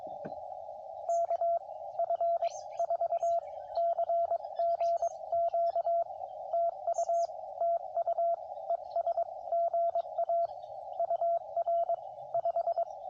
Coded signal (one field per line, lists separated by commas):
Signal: Morse code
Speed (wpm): 22 wpm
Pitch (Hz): 680 Hz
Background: radio noise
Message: KF4CGQ TU TU ES GA UR 5